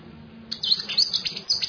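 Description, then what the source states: Bird song beginning abruptly with a rapid string of high, thin chirps and twittering notes, lively and uneven over a soft low background hum. Masteran song used to train birds to sing.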